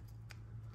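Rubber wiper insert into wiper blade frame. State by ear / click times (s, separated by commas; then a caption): seated / 0.3 s. A rubber wiper insert for a Tacoma truck is pushed fully into the wiper blade frame, with a steady low hum underneath throughout. At 0.3 s a short, sharp click is heard as the insert clicks home, and it is fully seated.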